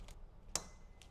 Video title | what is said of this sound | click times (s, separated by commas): Unifi U6-IW In-Wall Access Point & 4-Port Switch Unboxing and DIY Installation Walk-through | there with that little click | 0.6 s